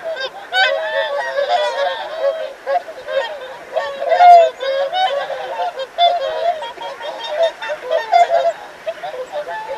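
Whooper swans calling as a flock, many resonant bugling honks overlapping, swelling and easing repeatedly.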